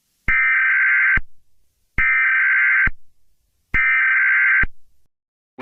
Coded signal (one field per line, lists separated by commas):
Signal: Emergency Alert System (SAME) tones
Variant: header bursts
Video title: EAS Scenario 16: Among us